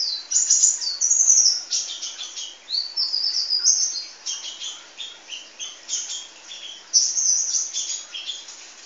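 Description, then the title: Oriental magpie-robin song, a continuous run of high, varied whistles and chattering trills with barely a pause. "Kicau Kacer"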